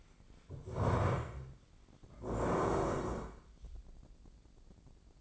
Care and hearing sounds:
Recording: daily activity, microphone in the room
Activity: stand up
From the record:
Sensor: 5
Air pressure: 1012.4 hPa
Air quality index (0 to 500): 153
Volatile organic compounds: 2 ppm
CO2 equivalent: 1050 ppm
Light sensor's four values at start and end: 255/613/261/287 and 254/610/259/285

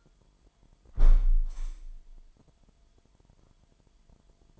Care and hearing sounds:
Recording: daily activity, microphone in the room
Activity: close window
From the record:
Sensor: 5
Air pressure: 998.3 hPa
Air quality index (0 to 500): 90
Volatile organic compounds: 2 ppm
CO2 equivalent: 1021 ppm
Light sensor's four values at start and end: 20/49/20/22 and 20/49/20/22

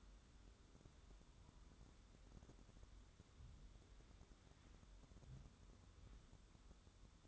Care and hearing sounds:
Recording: daily activity, microphone in the room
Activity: wipe stove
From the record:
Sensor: 3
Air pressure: 1015.1 hPa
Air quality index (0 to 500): 73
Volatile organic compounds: 2 ppm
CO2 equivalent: 980 ppm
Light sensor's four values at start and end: 15/39/15/16 and 15/39/15/16

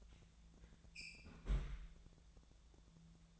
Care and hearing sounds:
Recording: daily activity, microphone in the room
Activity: close fridge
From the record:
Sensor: 3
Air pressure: 1000.0 hPa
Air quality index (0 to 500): 125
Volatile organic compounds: 2 ppm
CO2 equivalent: 1117 ppm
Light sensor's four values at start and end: 43/110/47/51 and 43/109/46/51

